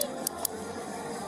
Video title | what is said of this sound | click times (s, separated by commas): Courtroom Vids and Chill stream | me all right there's the clicking hey over we up | 0.0 s, 0.3 s, 0.4 s